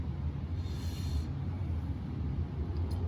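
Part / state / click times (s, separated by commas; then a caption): wire terminal pin into plastic connector housing / not seated / none. A wire terminal pin is lined up with a plastic connector housing on the automatic choke wiring of a GY6 49cc Chinese scooter. A steady low rumble fills the clip, with a faint higher tone from about 0.6 to 1.3 s. The pin has not been pushed in yet, and nothing has clicked into place.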